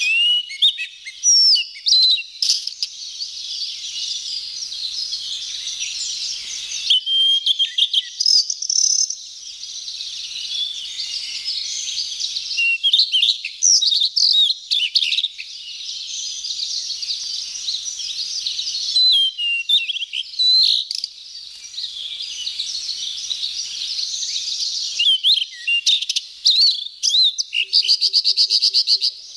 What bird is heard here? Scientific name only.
Cyanoptila cyanomelana